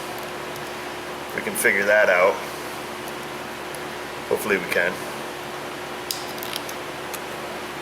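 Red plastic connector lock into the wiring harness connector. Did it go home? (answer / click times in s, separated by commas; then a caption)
yes / 6.1 s, 6.6 s. A red plastic locking device (connector position assurance) is pushed back into the fuel level sensor wiring connector on a Chevrolet Malibu whose gas gauge does not work. Someone talks over a steady fan-like hum, then sharp plastic snaps are heard at 6.1 s and 6.6 s. The lock is seated in the connector.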